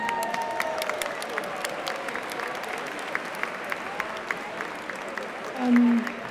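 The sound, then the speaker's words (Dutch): An audience at the Dominicus open house on 25 December 2023 applauds the spouses steadily throughout. A dense wash of clapping has sharper individual claps popping out, with a brief low hum or voice rising near the end. “groot applaus voor de echtgenoten.”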